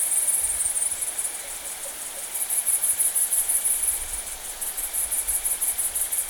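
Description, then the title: Great green bush-cricket song, a high shrill buzz in rhythmic pulses that briefly weakens then resumes, with a soft continuous lower cricket trill. Recorded with Italian tree crickets at Saignon, Vaucluse, in September 2000. "Sylvain Jaskowiak - Animus. Grandes sauterelles vertes, grillons d'Italie et decticelles - Saignon, Vaucluse - septembre 2000"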